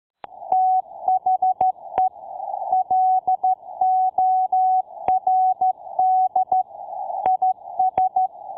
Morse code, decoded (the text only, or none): THE LORD IS